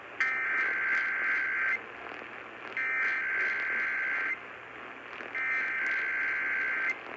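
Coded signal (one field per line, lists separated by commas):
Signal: Emergency Alert System (SAME) tones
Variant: header bursts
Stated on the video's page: Required weekly test; tones may be valid EAS tones.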